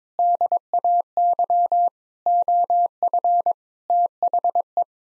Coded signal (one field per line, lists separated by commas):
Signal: Morse code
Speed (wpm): 21 wpm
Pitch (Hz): 700 Hz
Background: none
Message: DAY OF THE